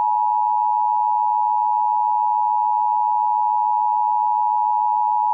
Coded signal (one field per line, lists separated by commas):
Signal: Emergency Alert System (SAME) tones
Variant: 853 and 960 Hz attention tone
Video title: EAS #172 - Minnesota’s Required Monthly Test - Jan 3, 2024